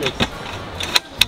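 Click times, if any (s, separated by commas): 1.0 s, 1.2 s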